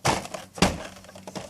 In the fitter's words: Hear the click now, it's good.